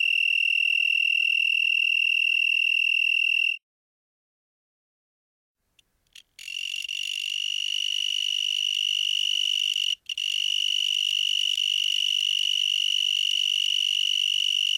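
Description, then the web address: Broad-winged tree cricket trill, a steady continuous high buzzing tone, running for about three and a half seconds, then a pause of silence, then resuming unbroken with a brief dropout near ten seconds. "Crickets and Katydids. Broadwinged Tree Cricket, Oecanthus latipennis"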